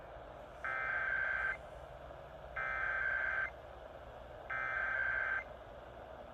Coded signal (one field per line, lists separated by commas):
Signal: Emergency Alert System (SAME) tones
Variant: header bursts